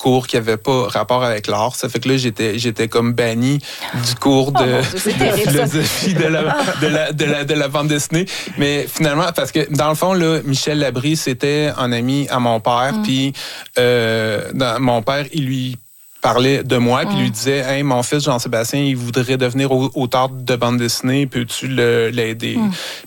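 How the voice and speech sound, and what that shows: A 47-year-old man talks in French at a quick conversational pace, broken by repeated syllables and words ("de la, de la, de la", "j'étais j'étais"), stretched sounds and brief stalls before words. These are the repetitions, prolongations and blocks of lifelong adult stuttering, a hereditary neurodevelopmental condition, much reduced since age 15 but still present.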